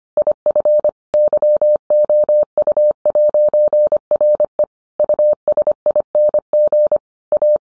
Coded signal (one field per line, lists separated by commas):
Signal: Morse code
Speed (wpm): 25 wpm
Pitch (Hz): 600 Hz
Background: none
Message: IF YOU'RE USING A